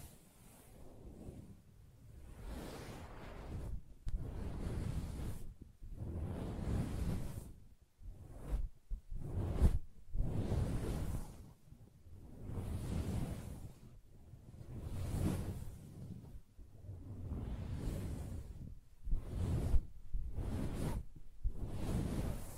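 Soft fabric is scratched and rubbed in repeated swishing strokes, each lasting about a second, separated by brief quiet gaps. The sound is mostly low and muffled with a faint airy hiss on top, keeping a fairly steady, unhurried rhythm throughout.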